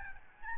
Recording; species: mosquito wingbeat signal from an infrared sensor; Aedes albopictus